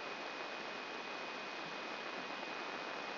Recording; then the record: brain microelectrode recording played as sound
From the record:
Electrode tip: inside the subthalamic nucleus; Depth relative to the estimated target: 2 mm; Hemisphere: left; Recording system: AlphaMap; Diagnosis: Parkinson's disease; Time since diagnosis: 10 years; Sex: female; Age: 63 years